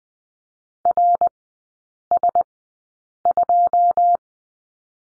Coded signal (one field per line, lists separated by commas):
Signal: Morse code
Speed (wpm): 19 wpm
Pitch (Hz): 700 Hz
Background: none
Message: RS2